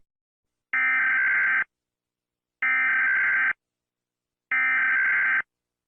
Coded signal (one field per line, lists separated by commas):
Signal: Emergency Alert System (SAME) tones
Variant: header bursts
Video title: USA EAS Alarm